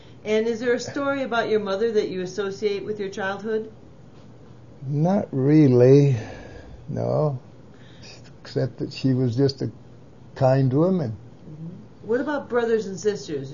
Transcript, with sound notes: And is there a story about your mother that you associate with your childhood?
Not really (sigh) no. Except that she was just a kind woman.
What about brothers and sisters?